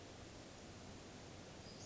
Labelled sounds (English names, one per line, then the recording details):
Western Flycatcher
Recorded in Sonoma County, California